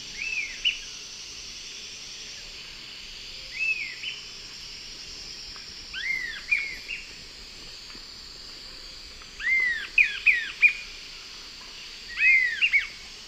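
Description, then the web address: Sirystes calls: short whistled notes, some slurred and arched, given singly and in small groups every few seconds over a steady hiss of insects. South American Eastern Lowlands; two birds calling and singing. "Natures Songs S America Eastern Lowlands. Sirystes sibilator, call and song 2 birds"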